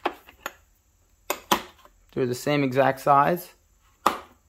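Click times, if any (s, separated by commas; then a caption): 4.1 s. An adapter backing plate from a brake caliper windback tool set is handled with several sharp clicks and knocks early on, then someone talks. The plate is pushed into the windback tool and snaps into place with a sharp click at 4.1 s.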